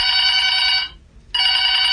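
A telephone rings loudly in two bursts of bright, trilling metallic chiming separated by a short silent pause, with no voices present.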